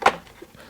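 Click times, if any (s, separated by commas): 0.1 s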